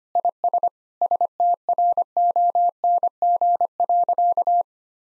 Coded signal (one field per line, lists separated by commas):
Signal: Morse code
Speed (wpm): 25 wpm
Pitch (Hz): 700 Hz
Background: none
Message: IS STRONG.